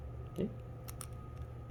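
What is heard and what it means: A snap cap (dummy round) is pressed into a .22 rifle's metal and plastic magazine. A soft, low thump at about 0.4 s is followed by a brief tick at 0.9 s and a sharp, bright click at 1.0 s as the snap cap seats in the magazine, over a steady low hum.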